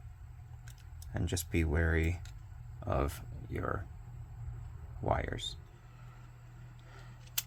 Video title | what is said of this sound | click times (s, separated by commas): Fujica G690 bl, Fujinon S 100mm f3.5 lens CLA, Part 3: Lens Assembly | so once you have everything aligned it should snap in place | 7.4 s